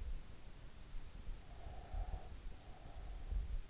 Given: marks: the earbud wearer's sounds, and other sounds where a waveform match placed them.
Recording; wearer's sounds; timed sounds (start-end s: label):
sounds in sleep by an in-ear microphone; breath
1.52-3.05 s: breath